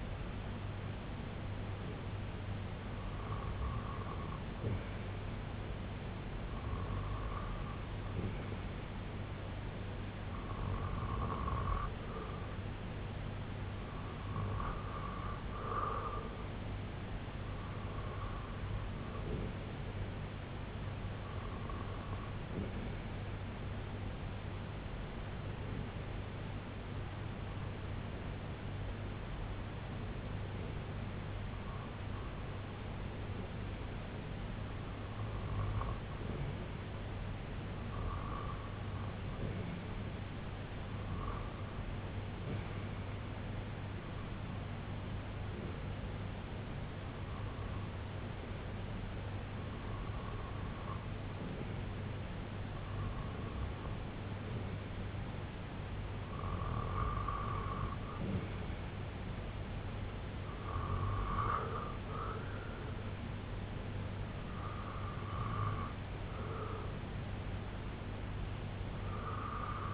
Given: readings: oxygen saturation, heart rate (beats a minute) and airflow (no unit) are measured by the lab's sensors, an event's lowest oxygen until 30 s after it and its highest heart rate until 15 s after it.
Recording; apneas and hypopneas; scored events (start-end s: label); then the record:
breathing in sleep by a voice recorder at the bedside; 1
31.00-49.80 s: hypopnea (REM, oxygen 97% highest, then 94% lowest, heart rate 67 at the start, 80 highest)
From the record:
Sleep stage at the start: REM sleep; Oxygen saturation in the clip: 93 to 97%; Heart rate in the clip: 59 to 83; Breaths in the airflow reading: 18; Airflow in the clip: -6.8 to 3.5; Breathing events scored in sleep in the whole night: 258 in 7.4 hours asleep